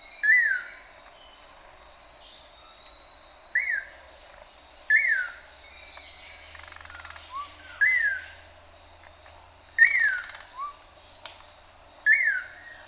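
Manakin calls: short, clear whistled notes that slur downward, repeated every few seconds, over a steady high drone.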